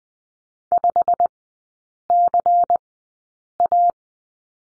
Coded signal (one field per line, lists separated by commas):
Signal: Morse code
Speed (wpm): 20 wpm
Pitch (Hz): 700 Hz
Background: none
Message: 5CA